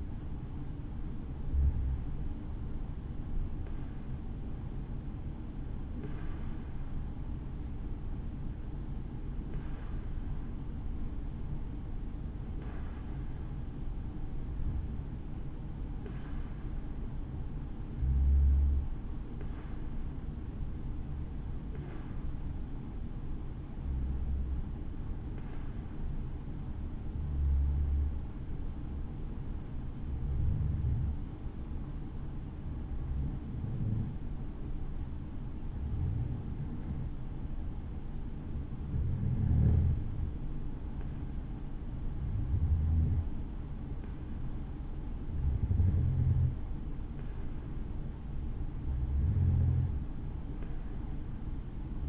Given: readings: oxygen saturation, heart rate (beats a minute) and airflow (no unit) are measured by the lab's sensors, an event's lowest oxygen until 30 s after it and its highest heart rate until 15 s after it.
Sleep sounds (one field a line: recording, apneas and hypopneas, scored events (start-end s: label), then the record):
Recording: breathing in sleep by a smartphone at the bedside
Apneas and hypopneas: 1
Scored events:
19.00-36.10 s: hypopnea (N2, oxygen 94% highest, then 90% lowest, heart rate 64 at the start, 69 highest)
From the record:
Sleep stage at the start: N2 (light sleep)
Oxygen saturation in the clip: 91 to 94%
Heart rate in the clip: 62 to 69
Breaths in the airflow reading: 17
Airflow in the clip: -6.4 to 5.8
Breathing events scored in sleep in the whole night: 216 in 7.0 hours asleep